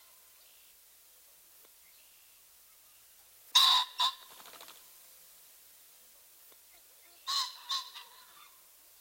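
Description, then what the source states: Ring-necked Pheasant giving two loud, harsh two-noted squawks about four seconds apart, the first followed by a faint fluttering whir, over a quiet background. Male; typical vocalization a loud two-noted squawk; at close range a distinct wing whir follows the introductory squawk.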